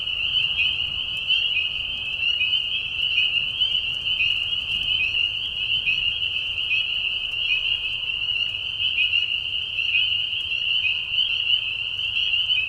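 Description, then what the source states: Dense spring peeper chorus, a steady wall of high whistled peeps with occasional brief clicks, unchanging throughout. Mating call of peepers, high whistles, in a marsh at night during a short spring season; Tiny Marsh Conservation Area, Tiny, Ontario.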